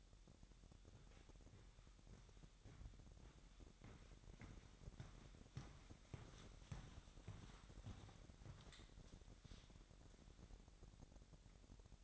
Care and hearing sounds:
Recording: daily activity, microphone in the room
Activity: walk to room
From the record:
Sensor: 3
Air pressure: 1012.2 hPa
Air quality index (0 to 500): 152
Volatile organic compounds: 2 ppm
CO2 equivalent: 1156 ppm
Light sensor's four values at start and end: 133/316/130/119 and 131/313/129/119

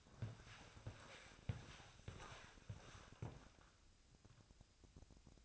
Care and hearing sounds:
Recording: daily activity, microphone in the room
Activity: walk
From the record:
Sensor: 2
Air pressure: 1000.4 hPa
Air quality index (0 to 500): 165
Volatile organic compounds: 3 ppm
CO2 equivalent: 1378 ppm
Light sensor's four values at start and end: 13/35/13/15 and 13/35/14/16

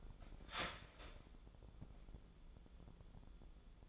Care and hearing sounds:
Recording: daily activity, microphone in the room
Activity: start toaster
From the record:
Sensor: 5

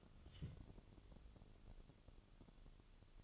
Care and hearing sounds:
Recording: daily activity, microphone in the room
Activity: take from stove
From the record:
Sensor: 4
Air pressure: 1008.9 hPa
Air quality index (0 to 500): 137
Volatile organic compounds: 2 ppm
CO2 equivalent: 996 ppm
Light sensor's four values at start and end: 10/23/9/9 and 10/23/9/8

